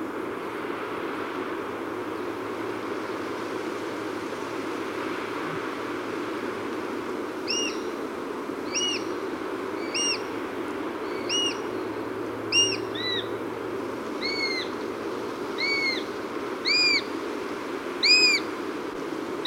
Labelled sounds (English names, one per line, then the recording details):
Eurasian Sparrowhawk call
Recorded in the wild
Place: Leszno, Großpolen, PL
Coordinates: 51.842, 16.594
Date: 1987-07-20
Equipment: Nagra III BH, Sennheiser MD 21, parabola
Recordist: Schubert, Michael
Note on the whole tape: Sperber: Rufe von Ästlingen